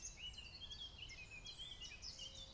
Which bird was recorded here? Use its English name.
Eurasian Blackcap